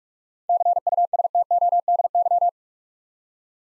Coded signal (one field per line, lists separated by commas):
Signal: Morse code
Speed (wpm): 44 wpm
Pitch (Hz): 700 Hz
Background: none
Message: CUSTODY